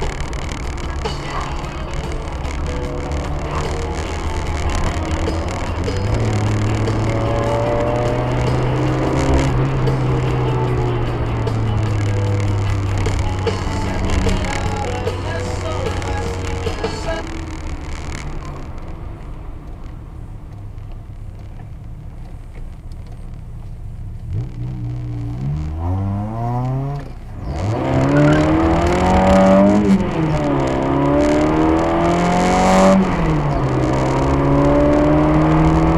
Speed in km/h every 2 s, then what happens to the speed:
51, 56, 56, 67, 59, 49, 48, 42, 30, 16, 12, 7, 4, 33, 51, 64, 78, 88.
0-7 speeds up to 67. 7-21 brakes to 7. 24-33 speeds up to 88.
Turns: none.